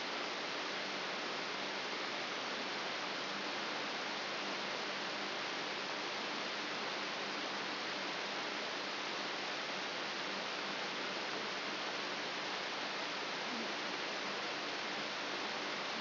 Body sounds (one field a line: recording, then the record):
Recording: brain microelectrode recording played as sound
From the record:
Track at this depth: inside the subthalamic nucleus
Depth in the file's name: 2.904 mm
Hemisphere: left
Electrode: 3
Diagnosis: Parkinson's disease